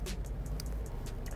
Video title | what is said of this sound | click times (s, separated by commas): Ford F-150 Install: JMS BoostMAX Plug-N-Play Performance Booster | then put it back into the connector on the other side then you'll hear another click | 0.6 s